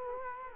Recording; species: mosquito wingbeat signal from an infrared sensor; Culex quinquefasciatus